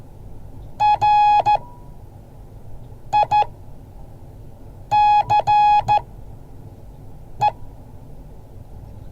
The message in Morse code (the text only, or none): RICE